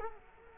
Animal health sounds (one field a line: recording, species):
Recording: mosquito wingbeat signal from an infrared sensor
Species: Culex quinquefasciatus